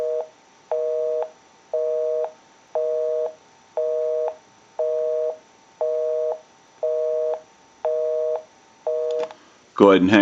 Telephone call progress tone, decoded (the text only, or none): busy tone